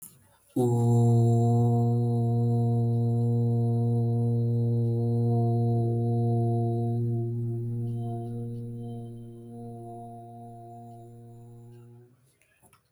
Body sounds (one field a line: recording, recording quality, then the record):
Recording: sustained vowel as in boot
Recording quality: excellent, no background noise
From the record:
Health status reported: healthy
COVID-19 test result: not tested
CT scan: not taken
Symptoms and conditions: none ticked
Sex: male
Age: 21 years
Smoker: no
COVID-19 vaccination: both doses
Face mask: not worn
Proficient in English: yes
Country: India